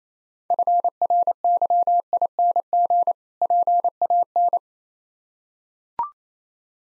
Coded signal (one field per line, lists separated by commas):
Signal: Morse code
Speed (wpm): 28 wpm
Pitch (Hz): 700 Hz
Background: none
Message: FRYING PAN